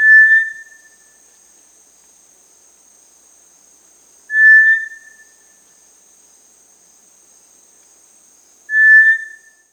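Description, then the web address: Cinereous tinamou song: three clear, level whistled notes spaced roughly four seconds apart, each fading slightly at the end, over a thin constant high hiss. South America. "Natures Songs S America Cinereous Tinamou"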